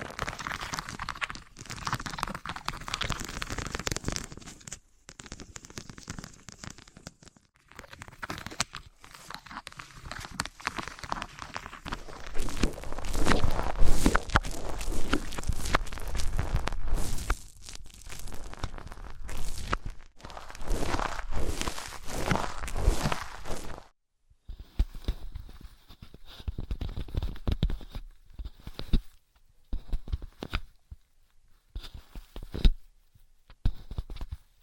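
Materials such as wood, cork, sponge and foam are handled and rubbed, giving dense crackling, crunching and crinkling for the first twenty-odd seconds. After about 24 seconds the sound turns sparse, with short separate scrapes and taps between gaps of silence.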